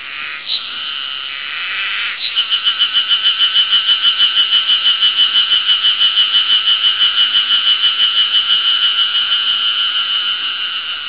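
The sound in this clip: Ezo-harusemi cicada song: a harsh, buzzy drone that after two seconds breaks into steady rhythmic pulses, continuing without pause to the end.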